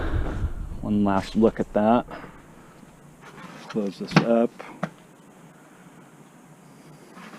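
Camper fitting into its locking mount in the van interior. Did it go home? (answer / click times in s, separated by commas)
yes / 4.8 s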